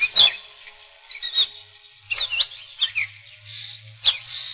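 Catbird song, a run of varied squeaky chirps and short slurred whistles in quick irregular bursts.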